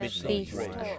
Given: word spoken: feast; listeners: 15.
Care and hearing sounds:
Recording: one English word in noise, from a listening test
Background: four-talker babble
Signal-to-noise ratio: 1.0 dB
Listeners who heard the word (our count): 4 of 15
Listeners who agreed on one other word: 10 of 15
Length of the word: 0.59 s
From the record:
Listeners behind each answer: 10, 4, 1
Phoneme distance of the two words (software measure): 10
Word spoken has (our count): 1 syllable, 4 phonemes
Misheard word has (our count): 1 syllable, 4 phonemes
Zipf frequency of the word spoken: 4.10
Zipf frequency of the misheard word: 4.11

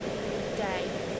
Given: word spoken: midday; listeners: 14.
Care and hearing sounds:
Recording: one English word in noise, from a listening test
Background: speech-shaped noise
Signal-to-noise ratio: -4.3 dB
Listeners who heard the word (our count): 0 of 14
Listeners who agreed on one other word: 14 of 14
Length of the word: 0.80 s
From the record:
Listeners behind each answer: 14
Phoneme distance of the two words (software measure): 21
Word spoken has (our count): 2 syllables, 5 phonemes, stress on syllable 2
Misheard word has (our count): 1 syllable, 2 phonemes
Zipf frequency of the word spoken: 3.64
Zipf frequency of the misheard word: 5.99

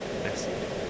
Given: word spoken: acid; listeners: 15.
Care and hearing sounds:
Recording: one English word in noise, from a listening test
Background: speech-shaped noise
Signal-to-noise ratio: -5.9 dB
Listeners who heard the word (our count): 2 of 15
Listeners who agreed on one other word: 10 of 15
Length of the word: 0.50 s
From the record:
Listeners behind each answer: 10, 2, 1, 1, 1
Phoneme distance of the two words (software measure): 34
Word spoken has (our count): 2 syllables, 4 phonemes, stress on syllable 1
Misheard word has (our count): 2 syllables, 4 phonemes, stress on syllable 1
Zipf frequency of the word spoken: 4.01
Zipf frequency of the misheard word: 4.11

